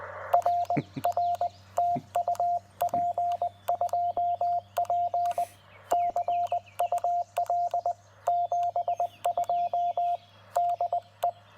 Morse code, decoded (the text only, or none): RR TU P2P CUL 72 DE